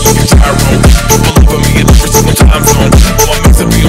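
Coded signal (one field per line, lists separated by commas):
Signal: none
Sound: beeps in a music track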